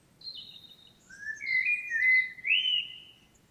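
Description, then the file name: Common blackbird song, a rich fluted warble sliding between low and middle notes, closing with a rising whistle and a faint high twitter. "Turdus merula"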